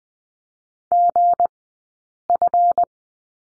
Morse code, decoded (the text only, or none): GF